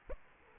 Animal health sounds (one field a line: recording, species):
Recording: mosquito wingbeat signal from an infrared sensor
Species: Aedes aegypti